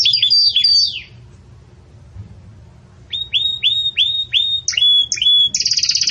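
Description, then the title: Belgian canary song in two bursts: rapid trilled notes, a quiet pause of two seconds, then repeated rising whistled chirps ending in a buzzy trill. Belgian canary singing the 'campainha' (bell) song style, for tutoring young chicks. "Belíssimo Canto Do Canário Belga Campainha Para Encarte De Filhotes"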